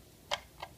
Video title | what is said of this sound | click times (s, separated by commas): USB Powered Risers GPU mining Litecoin Bitcoin | That just pops right in straight up. | 0.3 s